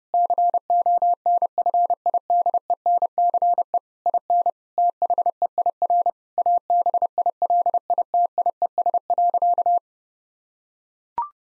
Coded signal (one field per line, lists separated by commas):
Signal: Morse code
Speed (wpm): 30 wpm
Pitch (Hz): 700 Hz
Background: none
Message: CONFIDENCE IN THEIR ABILITIES.